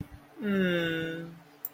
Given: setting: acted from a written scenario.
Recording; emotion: vocal sound without words; romantic love